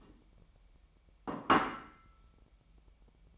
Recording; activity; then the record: daily activity, microphone in the room; place plate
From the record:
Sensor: 1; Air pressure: 1002.0 hPa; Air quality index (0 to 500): 243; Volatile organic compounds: 49 ppm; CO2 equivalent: 3277 ppm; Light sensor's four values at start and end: 8/28/10/11 and 8/28/10/11